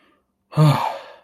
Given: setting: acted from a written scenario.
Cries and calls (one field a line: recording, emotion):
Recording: vocal sound without words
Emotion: relief